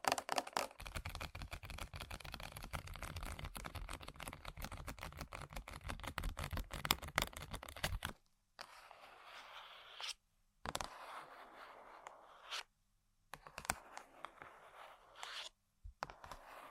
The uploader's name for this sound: ASMR Tapping & Scratching On Random Objects